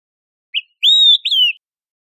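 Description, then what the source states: Olive-sided flycatcher song: a short rising note, then a long clear whistle and a final downslurred whistle, given once in silence. Recorded in Costa Rica.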